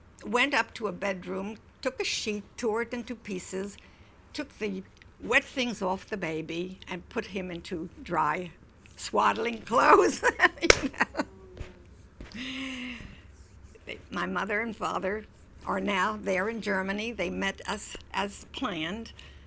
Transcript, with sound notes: went up to a bedroom, took a sheet, tore it into pieces, took the wet things off the baby and put him into dry swaddling clothes. ( she laughs ) My mother and father are now there in Germany. They met us, as planned,